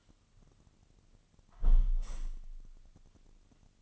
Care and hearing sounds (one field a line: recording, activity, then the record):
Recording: daily activity, microphone in the room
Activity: close window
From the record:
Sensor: 4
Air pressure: 1005.5 hPa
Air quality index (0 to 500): 94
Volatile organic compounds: 2 ppm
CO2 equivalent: 1150 ppm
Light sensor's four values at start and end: 12/28/11/10 and 12/27/10/9